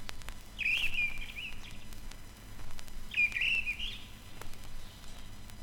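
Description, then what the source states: Mistle Thrush song: two short fluty, slightly warbled phrases about two and a half seconds apart, with a steady low background hum. Heard only occasionally in old pine forest; the song is described as beautiful.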